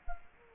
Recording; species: mosquito wingbeat signal from an infrared sensor; Culex quinquefasciatus